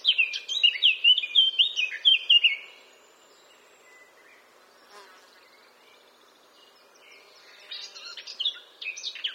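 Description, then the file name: Eurasian blackcap song: a bright, rapid warbled phrase for almost three seconds, a long quiet gap, then a softer bout of warbling near the end. "Sylvia atricapilla"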